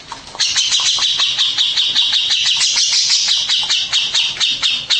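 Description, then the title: Mixed birds chirping: dense, rapid high-pitched notes repeated several times a second, overlapping in a continuous shrill chorus. "Burung Campur2"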